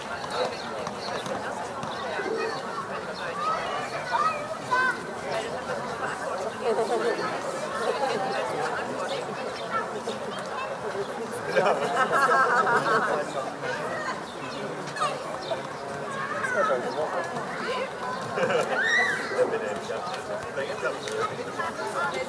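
Beer garden on a summer evening: steady overlapping chatter of many voices, with louder bursts of talk and laughter around twelve and nineteen seconds.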